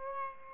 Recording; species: mosquito wingbeat signal from an infrared sensor; Aedes aegypti